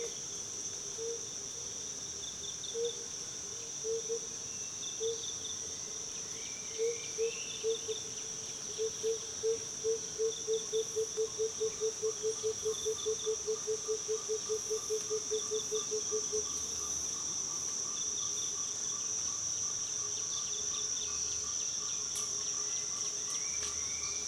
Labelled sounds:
Tambourine Dove (Turtur tympanistria)
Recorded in Kibale, Uganda

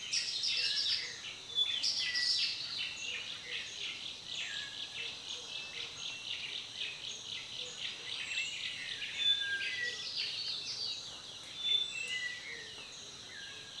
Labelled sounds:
Buff-throated Apalis (Apalis rufogularis)
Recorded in Kibale, Uganda

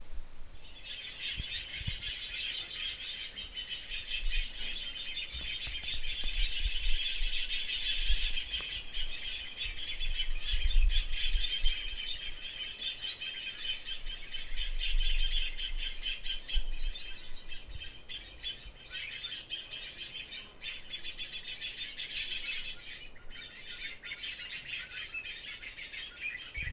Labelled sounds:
White-billed Buffalo-weaver (Bubalornis albirostris)
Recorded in northern Uganda

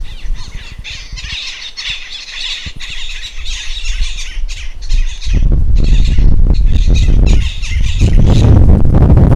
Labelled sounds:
Black-lored Babbler (Turdoides sharpei)
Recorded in northern Uganda

